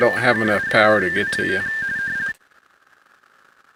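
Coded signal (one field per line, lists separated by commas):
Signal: RTTY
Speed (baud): 45.45 baud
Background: speech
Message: KI5WWT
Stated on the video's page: Weekly RTTY contest on an FTDX10 at 40 watts into a Palomar Bullet 71 ft end-fed antenna.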